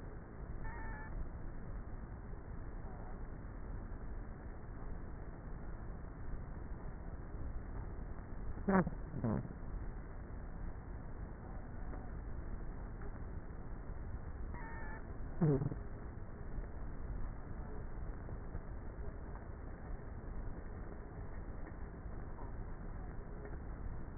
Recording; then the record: honeybee colony, microphone inside the hive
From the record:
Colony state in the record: queenless with a low population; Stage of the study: before two queens were removed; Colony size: about 30,000 bees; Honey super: no